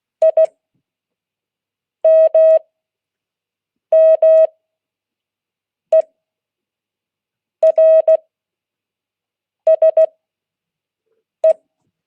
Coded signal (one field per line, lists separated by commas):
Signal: Morse code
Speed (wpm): 16 wpm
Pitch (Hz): 640 Hz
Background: none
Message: IMMERSE